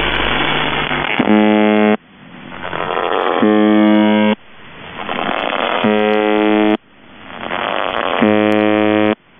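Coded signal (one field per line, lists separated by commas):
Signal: channel marker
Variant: UVB-76 (The Buzzer)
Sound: harsh low buzzes about one second long, repeating roughly every 2-3 seconds, with static between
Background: radio static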